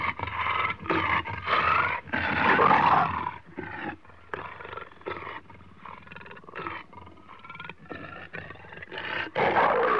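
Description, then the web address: Leopard growls, loud harsh rasping strokes in quick succession, swelling in the middle and again at the end, with breathy gaps. More than one leopard, recorded close up while growling and breathing, in Africa. "Africa- The Natural World. Leopards- close up, growling and breathing"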